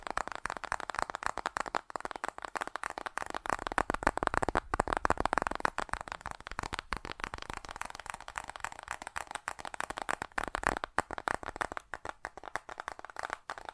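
Fast tapping runs without pause for the whole stretch, a dense, rapid patter of small dry clicks. The hits sit mostly in the middle and upper range with little low end, and the pace stays quick and fairly even, with brief gaps near 2, 7 and 11 seconds.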